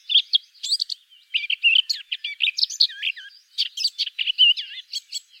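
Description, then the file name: Eurasian blackcap song: a rapid, varied warble of high chirps and twisting whistled notes, delivered in short bursts with brief pauses between phrases. "Sylvia atricapilla"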